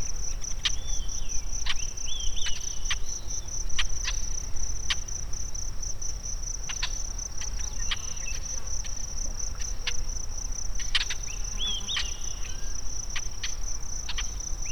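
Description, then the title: Bird calls: brief thin whistled phrases, several spaced throughout, over a steady high insect drone with sharp clicks. Recorded in the Sierra Nevada, USA. "内华达山脉的鸟叫_美国"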